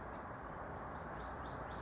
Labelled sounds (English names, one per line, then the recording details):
California Towhee
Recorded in Sonoma County, California